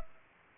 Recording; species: mosquito wingbeat signal from an infrared sensor; Anopheles gambiae